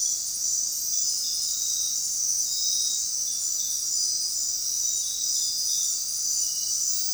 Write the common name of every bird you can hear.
none